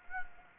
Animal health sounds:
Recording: mosquito wingbeat signal from an infrared sensor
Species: Anopheles gambiae

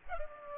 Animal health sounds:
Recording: mosquito wingbeat signal from an infrared sensor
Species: Culex pipiens

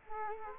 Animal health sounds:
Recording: mosquito wingbeat signal from an infrared sensor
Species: Culex quinquefasciatus

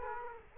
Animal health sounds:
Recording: mosquito wingbeat signal from an infrared sensor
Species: Culex quinquefasciatus

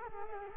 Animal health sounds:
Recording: mosquito wingbeat signal from an infrared sensor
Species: Culex quinquefasciatus

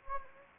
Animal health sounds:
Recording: mosquito wingbeat signal from an infrared sensor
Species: Anopheles gambiae

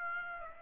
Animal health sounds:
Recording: mosquito wingbeat signal from an infrared sensor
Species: Aedes aegypti

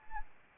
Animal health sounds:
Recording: mosquito wingbeat signal from an infrared sensor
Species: Anopheles arabiensis

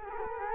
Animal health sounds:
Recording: mosquito wingbeat signal from an infrared sensor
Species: Culex quinquefasciatus

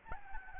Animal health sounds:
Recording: mosquito wingbeat signal from an infrared sensor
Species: Aedes albopictus

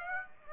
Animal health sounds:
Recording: mosquito wingbeat signal from an infrared sensor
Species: Aedes aegypti

